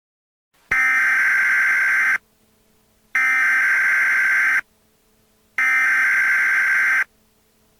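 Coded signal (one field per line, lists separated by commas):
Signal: Emergency Alert System (SAME) tones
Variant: header bursts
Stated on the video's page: Simulated, not real, school EAS alert imagined as a replacement for a lockdown drill.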